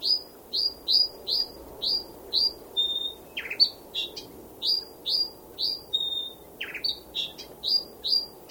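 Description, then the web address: Brown thornbill calls: a quick run of high, downslurred chirps, interrupted by a few lower buzzy and flat whistled notes, over a steady low background hiss. "Sound Effects-Foundation 1 BIRD BROWN THORN BILL CALL"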